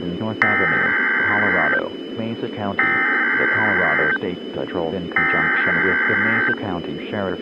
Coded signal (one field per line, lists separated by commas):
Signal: Emergency Alert System (SAME) tones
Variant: header bursts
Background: speech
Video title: EAS MOCK: Child Abduction Emergency